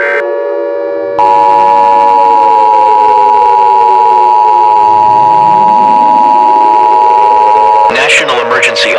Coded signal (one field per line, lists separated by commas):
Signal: Emergency Alert System (SAME) tones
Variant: 853 and 960 Hz attention tone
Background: speech